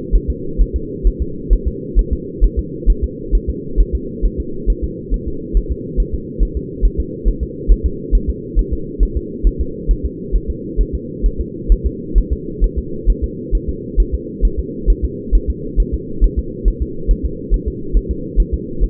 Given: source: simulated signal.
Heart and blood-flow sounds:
fetal heart sounds
0.15 s: S1
0.30 s: S2
0.61 s: S1
0.76 s: S2
1.07 s: S1
1.22 s: S2
1.53 s: S1
1.68 s: S2
1.99 s: S1
2.13 s: S2
2.44 s: S1
2.59 s: S2
2.90 s: S1
3.04 s: S2
3.35 s: S1
3.50 s: S2
3.80 s: S1
3.95 s: S2
4.25 s: S1
4.40 s: S2
4.70 s: S1
4.84 s: S2
5.14 s: S1
5.28 s: S2
5.57 s: S1
5.72 s: S2
6.00 s: S1
6.14 s: S2
6.43 s: S1
6.57 s: S2
6.85 s: S1
7.00 s: S2
7.28 s: S1
7.43 s: S2
7.72 s: S1
7.86 s: S2
8.15 s: S1
8.30 s: S2
8.59 s: S1
8.73 s: S2
9.03 s: S1
9.17 s: S2
9.47 s: S1
9.61 s: S2
9.91 s: S1
10.05 s: S2
10.36 s: S1
10.50 s: S2
10.81 s: S1
10.95 s: S2
11.26 s: S1
11.41 s: S2
11.72 s: S1
11.86 s: S2
12.18 s: S1
12.33 s: S2
12.64 s: S1
12.78 s: S2
13.10 s: S1
13.24 s: S2
13.55 s: S1
13.69 s: S2
14.00 s: S1
14.14 s: S2
14.45 s: S1
14.59 s: S2
14.90 s: S1
15.05 s: S2
15.35 s: S1
15.50 s: S2
15.80 s: S1
15.94 s: S2
16.24 s: S1
16.39 s: S2
16.68 s: S1
16.82 s: S2
17.11 s: S1
17.25 s: S2
17.54 s: S1
17.68 s: S2
17.97 s: S1
18.11 s: S2
18.40 s: S1
18.54 s: S2
18.84 s: S1
From the record:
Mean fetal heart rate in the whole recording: 135 bpm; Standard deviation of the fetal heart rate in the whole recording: 3 bpm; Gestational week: 36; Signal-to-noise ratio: -4.3 dB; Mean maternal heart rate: 72 bpm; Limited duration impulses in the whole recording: absent

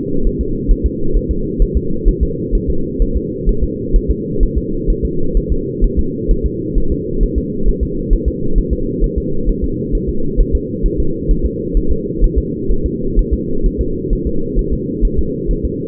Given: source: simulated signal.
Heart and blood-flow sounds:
fetal heart sounds
0.27 s: S1
0.41 s: S2
0.71 s: S1
0.86 s: S2
1.16 s: S1
1.31 s: S2
1.62 s: S1
1.77 s: S2
2.09 s: S1
2.23 s: S2
2.55 s: S1
2.70 s: S2
3.02 s: S1
3.17 s: S2
3.49 s: S1
3.64 s: S2
3.96 s: S1
4.11 s: S2
4.43 s: S1
4.58 s: S2
4.90 s: S1
5.05 s: S2
5.37 s: S1
5.52 s: S2
5.84 s: S1
5.99 s: S2
6.31 s: S1
6.46 s: S2
6.78 s: S1
6.92 s: S2
7.23 s: S1
7.38 s: S2
7.69 s: S1
7.83 s: S2
8.13 s: S1
8.28 s: S2
8.58 s: S1
8.73 s: S2
9.04 s: S1
9.18 s: S2
9.49 s: S1
9.64 s: S2
9.95 s: S1
10.09 s: S2
10.40 s: S1
10.55 s: S2
10.86 s: S1
11.00 s: S2
11.31 s: S1
11.46 s: S2
11.77 s: S1
11.92 s: S2
12.24 s: S1
12.38 s: S2
12.71 s: S1
12.86 s: S2
13.19 s: S1
13.34 s: S2
13.66 s: S1
13.81 s: S2
14.13 s: S1
14.27 s: S2
14.59 s: S1
14.73 s: S2
15.05 s: S1
15.19 s: S2
15.51 s: S1
15.65 s: S2
From the record:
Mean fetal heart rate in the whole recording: 130 bpm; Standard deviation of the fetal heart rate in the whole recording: 4 bpm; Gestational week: 38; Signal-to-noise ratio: -8.1 dB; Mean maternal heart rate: 72 bpm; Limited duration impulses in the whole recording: present

